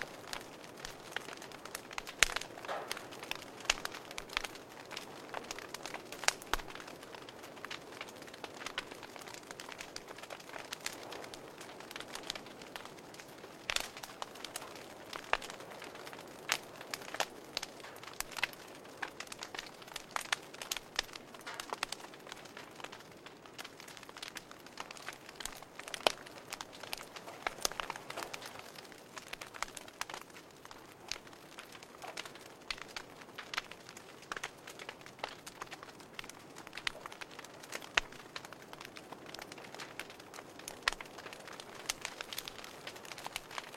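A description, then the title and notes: A campfire crackles steadily for the whole clip, with dense, irregular pops and snaps over a soft, low hiss. Camp fire.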